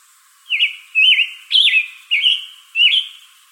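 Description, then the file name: Scarlet tanager song: five hoarse, burry phrases in quick succession, each slurring down then up, roughly two per second, with no other clear sounds. Recorded in Arizona on 22 June 2012. "SCTA stejskal"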